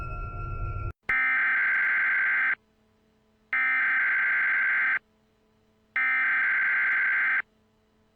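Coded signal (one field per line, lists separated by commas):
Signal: Emergency Alert System (SAME) tones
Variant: header bursts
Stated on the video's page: EAS scenario made for fun, part of the SCP:CB soundtrack; SAME tones of uncertain validity.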